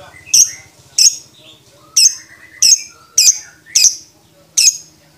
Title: Kicau Suara Burung Lovebird Juara Suara Bening